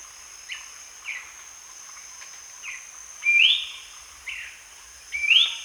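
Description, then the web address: Ferruginous babbler: several soft short notes and two louder upslurred whistles in the second half, with a persistent high insect hum. Recorded at Danum on 1 January 2008. "DANUM 20080101. ferruginous babbler"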